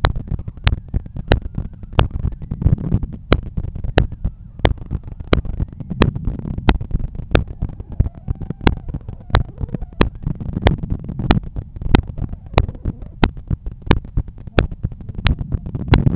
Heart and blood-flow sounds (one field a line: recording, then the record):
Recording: heart sounds by stethoscope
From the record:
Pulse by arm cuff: 92 bpm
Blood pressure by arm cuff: 129/82 mmHg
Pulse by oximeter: 92 bpm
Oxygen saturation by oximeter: 97%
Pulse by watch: 93 bpm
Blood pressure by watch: 121/79 mmHg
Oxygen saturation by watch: 96%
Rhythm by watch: sinus rhythm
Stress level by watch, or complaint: low stress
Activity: after 5 min smoking and 1 beer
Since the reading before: plus 1000 steps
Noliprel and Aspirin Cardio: after pills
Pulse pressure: 47 mmHg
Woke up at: 7:50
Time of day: 15:08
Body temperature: 36.3 C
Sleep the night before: 7 h 52 min, score 75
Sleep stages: REM 24%, light 55%, deep 12%, awake 9%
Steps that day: 9500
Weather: sunny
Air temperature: 22.6 C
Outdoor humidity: 59%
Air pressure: 1013 hPa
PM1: 4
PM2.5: 7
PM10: 8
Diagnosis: hypertension, treated with Noliprel and Aspirin Cardio 100 mg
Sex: male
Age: 53 years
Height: 174 cm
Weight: 81 kg